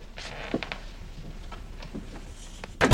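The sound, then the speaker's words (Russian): A house door opens on an overcast morning after a knock, with a few soft latch clicks and creaks, then a sharp clunk right at the end, heard alone over a faint background hiss. “Открывает дверь.”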